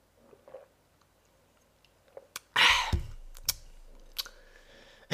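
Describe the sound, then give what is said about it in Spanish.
Someone takes a sip of beer: a few soft clicks, then a loud, airy slurp lasting about half a second, followed by small wet clicks and a swallow. No one speaks. “Así que este trago va por todo ello. Y nada, a ver qué tal está.”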